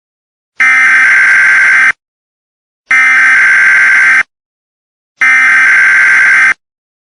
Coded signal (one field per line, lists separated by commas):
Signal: Emergency Alert System (SAME) tones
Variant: header bursts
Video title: EAS Scenario - NP Cable Anti-Piracy